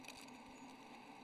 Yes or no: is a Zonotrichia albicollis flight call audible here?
no